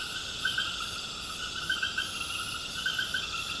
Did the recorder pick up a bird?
no